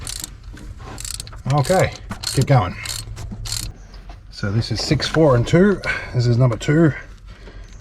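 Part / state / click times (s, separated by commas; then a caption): spark plug lead boot onto spark plug in engine head / not seated / none. On a VX Holden Commodore, the spark plug lead boot for cylinder number 2 is handled toward its spark plug in the engine head while someone talks, with short sharp mechanical clicks and rattles around the start. The clip ends before the boot goes home, so nothing has seated or clicked yet.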